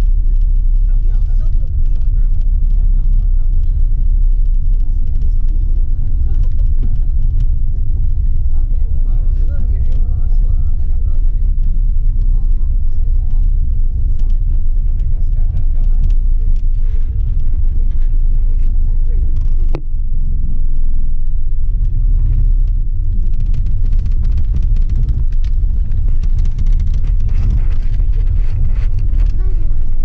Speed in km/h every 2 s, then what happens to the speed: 20, 20, 19, 19, 19, 18, 17, 16, 14, 12, 10, 10, 10, 10, 10.
0-11 steady at about 19. 11-20 slows to 10. 20-30 steady at about 10.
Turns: none.